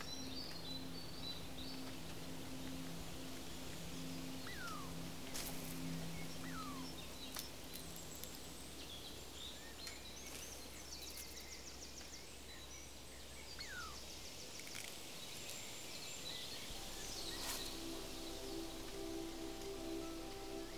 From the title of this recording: A walk in the woods